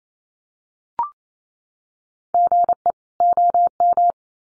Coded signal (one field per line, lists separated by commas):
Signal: Morse code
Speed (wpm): 28 wpm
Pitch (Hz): 700 Hz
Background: none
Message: GE OM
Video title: Common QSO Phrases 28wpm